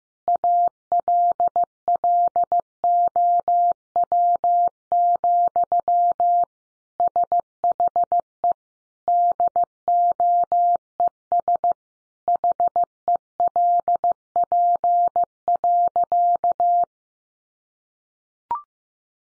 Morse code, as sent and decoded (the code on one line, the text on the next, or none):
.- .-.. .-.. --- .-- --..-- / ... .... . / -.. --- . ... / .... . .-.. .--. .-.-.-
ALLOW, SHE DOES HELP.